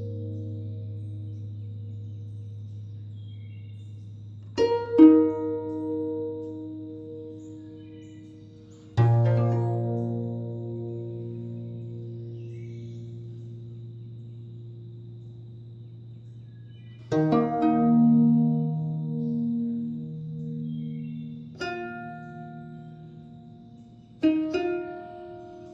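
A guzheng plays slow, sparse plucked notes with long ringing decays, fresh strikes near 5, 9, 17, 21 and 24 seconds over a low sustained hum.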